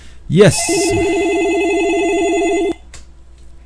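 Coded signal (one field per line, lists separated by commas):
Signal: none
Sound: phone ringing tone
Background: speech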